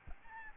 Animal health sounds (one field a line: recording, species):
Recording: mosquito wingbeat signal from an infrared sensor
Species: Aedes albopictus